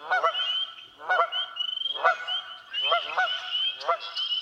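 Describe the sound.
Canada goose giving several harsh honks about a second apart, with clear whistled notes behind.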